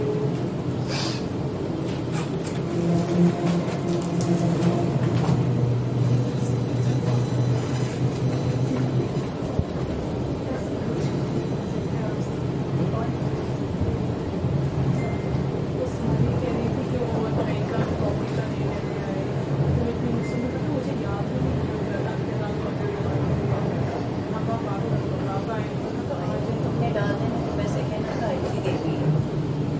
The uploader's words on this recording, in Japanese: Go to City by Sydney Train 電車でシドニー市内に向かう。